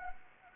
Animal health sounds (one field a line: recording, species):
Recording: mosquito wingbeat signal from an infrared sensor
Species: Anopheles arabiensis